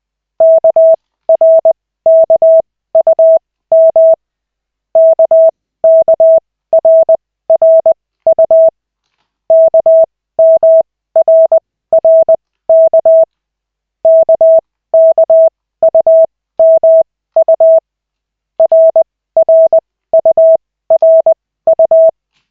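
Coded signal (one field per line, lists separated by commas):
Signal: Morse code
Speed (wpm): 20 wpm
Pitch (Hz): 650 Hz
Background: none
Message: KRKUM KKRRU KMRRK KKUMU RRURU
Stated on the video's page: Morse practice in a Koch-method lesson with 3 characters at 40, generated by an online CW training site in a 5-minute session.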